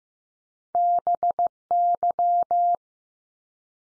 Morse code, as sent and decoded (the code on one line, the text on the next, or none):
-... -.--
BY